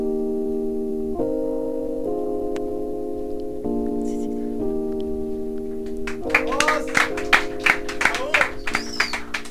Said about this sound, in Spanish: El aplauso gigante